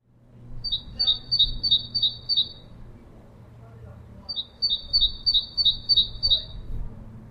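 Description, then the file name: Great tit song: two bursts of quick, high two-note phrases, about six or seven each, separated by a pause of under two seconds; low background rumble. "Parus major"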